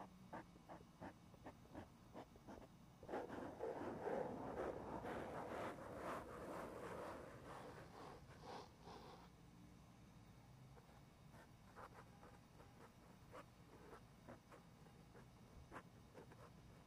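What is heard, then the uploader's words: Gentle tapping and scratching. Sharp taps repeat steadily from the start. Between about three and nine seconds a louder, dense scratching swells over them. After that the scratching drops away and quieter, sparser taps continue over a soft low rumble to the end. ASMR medium gentle tapping and scratching.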